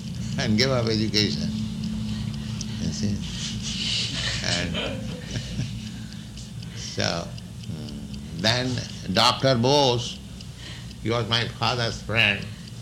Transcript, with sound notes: and gave up education. You see? [chuckles] So then Dr. Bose, he was my father's friend,